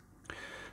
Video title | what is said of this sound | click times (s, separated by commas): Kit build of the AliExpress LED Glasses (Sound to light) | then they'll be just click into place | 0.3 s